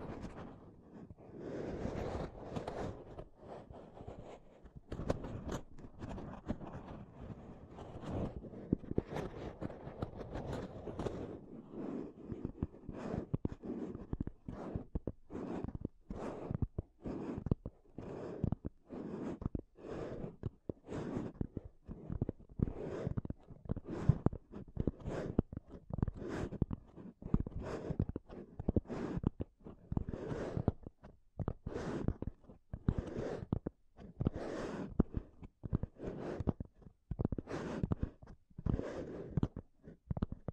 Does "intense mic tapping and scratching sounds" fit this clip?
yes